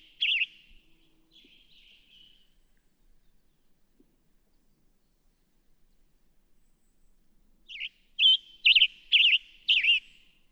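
Western tanager singing one hoarse note and a soft slurred trail, then after several seconds of quiet a run of five burry, robin-like notes.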